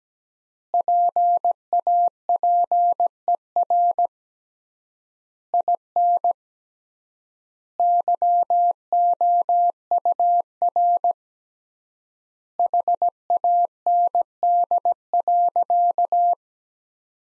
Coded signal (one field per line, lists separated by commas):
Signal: Morse code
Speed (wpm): 17 wpm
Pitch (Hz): 700 Hz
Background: none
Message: PAPER IN YOUR HAND.